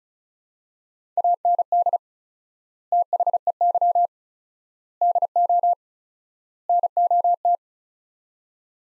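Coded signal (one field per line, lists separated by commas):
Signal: Morse code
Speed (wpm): 36 wpm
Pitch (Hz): 700 Hz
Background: none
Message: AND THEY DO NOT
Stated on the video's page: Morse code practice sets of four words at 35 wpm with 4x word-spacing, a Farnsworth-like method applied to words.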